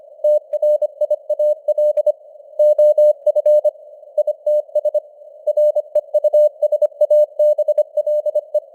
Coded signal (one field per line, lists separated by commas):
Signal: Morse code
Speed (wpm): 25 wpm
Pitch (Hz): 600 Hz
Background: none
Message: TRIAL OF ITS REUSABLE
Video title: Morse Code News | 2025-12-03 | 25wpm